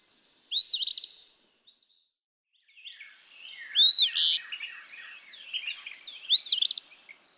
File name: Eastern Phoebe